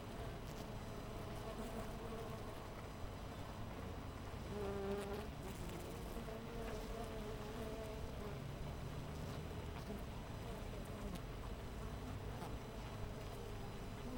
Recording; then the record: honeybee colony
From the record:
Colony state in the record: missing queen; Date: 14 July 2017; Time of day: 5:47